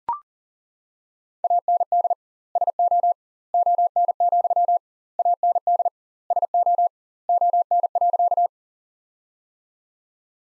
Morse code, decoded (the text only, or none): AND SO ON, AND SO ON.